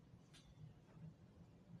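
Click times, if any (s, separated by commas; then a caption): none. Someone lines up the tabs of a twist-lock power socket on the phone holder wiring of a Honda Wave 100 motorcycle, ready to turn it right to lock. A steady low rumble runs throughout, with a brief soft hiss near 0.4 s. Nothing has clicked or locked yet.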